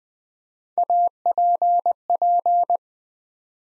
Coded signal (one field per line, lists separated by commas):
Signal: Morse code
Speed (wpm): 20 wpm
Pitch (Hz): 700 Hz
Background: none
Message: APP